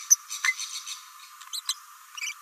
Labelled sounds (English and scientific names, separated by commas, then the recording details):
Green-rumped Parrotlet (Forpus passerinus) babbling
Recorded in a nest box in Venezuela
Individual 18B17A4